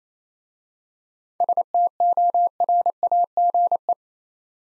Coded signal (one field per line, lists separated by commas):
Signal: Morse code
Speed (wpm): 27 wpm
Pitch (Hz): 700 Hz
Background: none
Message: STORAGE